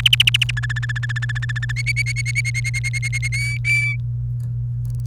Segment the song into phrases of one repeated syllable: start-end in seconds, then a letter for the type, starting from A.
0.00-0.51 A, 0.57-1.72 B, 1.76-3.28 C, 3.32-3.96 D